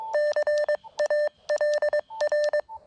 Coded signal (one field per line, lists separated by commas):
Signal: Morse code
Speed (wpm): 22 wpm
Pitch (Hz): 600 Hz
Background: none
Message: CALR